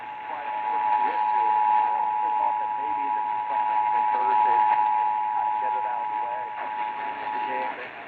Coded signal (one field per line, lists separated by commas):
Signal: Emergency Alert System (SAME) tones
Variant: 853 and 960 Hz attention tone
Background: speech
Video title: *vine boom sound effect* | EAS #64-72 (EAS Tests from 2/6-9/2023)